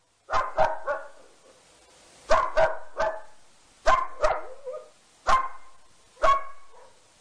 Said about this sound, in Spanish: Ahí estamos. Con ladrido de perro de fondo